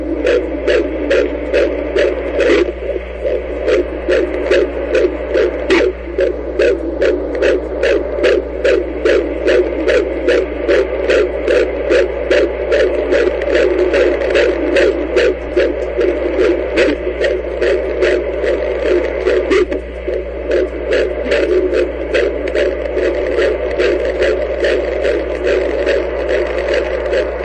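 Rapid, regular whooshing pulses at about 146 per minute over a steady low hum: a Doppler fetal heart sound at 17 weeks of pregnancy, with the rate in the normal fetal range.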